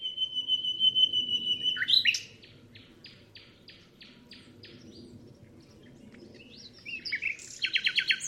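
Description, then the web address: Common nightingale song: a long pure whistle, then a fast series of repeated clicking notes, a pause, and a rapid loud rattling trill, over steady low hum. "chant didier collin rossignol philomele"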